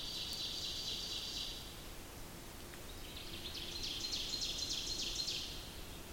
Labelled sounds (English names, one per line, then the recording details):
Ovenbird song
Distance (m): 90 m
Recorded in boreal forest in Alberta, Canada, on 28 May 2016 at 06:15
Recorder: SongMeter 3, array SBT-3-49
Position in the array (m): 89 m, 250 m
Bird 14